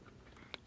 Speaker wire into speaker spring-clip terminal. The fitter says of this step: these little guys click into place.